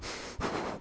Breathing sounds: one breath in and out by a microphone near the nose and mouth; strong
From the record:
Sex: male

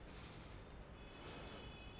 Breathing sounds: one breath in and out by a microphone near the nose and mouth; deep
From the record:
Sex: male

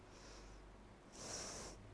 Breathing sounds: one breath in and out by a microphone near the nose and mouth; deep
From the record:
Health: marked as sick, illness not named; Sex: female

